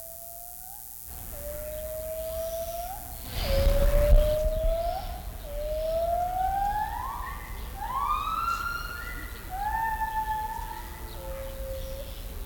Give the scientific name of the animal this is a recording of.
Hylobates lar